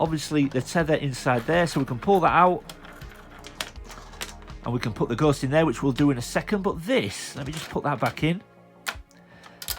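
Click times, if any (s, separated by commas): none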